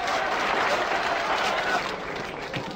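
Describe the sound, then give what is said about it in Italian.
A crowd applauds loudly and steadily, a dense wash of many hands clapping that holds strong throughout and eases only slightly toward the end. “92 minuti di applausi!”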